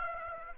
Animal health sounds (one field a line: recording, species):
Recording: mosquito wingbeat signal from an infrared sensor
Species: Aedes aegypti